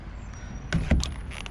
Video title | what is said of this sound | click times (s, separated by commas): Family Cybertruck Adventure in Banff NP: Charging Stats, Driving Tips & Epic Rockies Road Trip! | There we go. So, that should be kicking in here. I heard the click and there it's blinking | 0.7 s